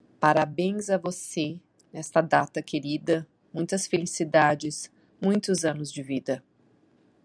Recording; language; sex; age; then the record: short text; Brazilian Portuguese; female; 60 to 69 years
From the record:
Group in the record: control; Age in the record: 64 years